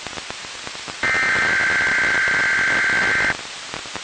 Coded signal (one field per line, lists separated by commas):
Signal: Emergency Alert System (SAME) tones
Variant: header bursts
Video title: Required Weekly Test (EAS #951) XMJ225